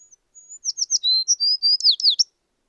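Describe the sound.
American tree sparrow song: high thin opening notes, then a quick run of sweet slurred whistles and warbled phrases, on a clean quiet background.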